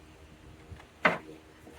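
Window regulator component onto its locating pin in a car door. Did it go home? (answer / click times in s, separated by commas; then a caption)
yes / 1.1 s. A window regulator component on a 2002+ Mini Cooper (R56/R57) is lined up on a small locating pin in the car door and slid along it. At 0.8 s there is a faint tap, then at 1.1 s a sharp, loud snap as it seats onto the pin. The part is confirmed in place.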